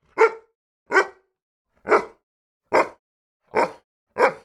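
Dog barking, six single loud barks spaced roughly every three-quarters of a second, with silence between them.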